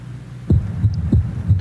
Loud second heart sound, left sternal border area.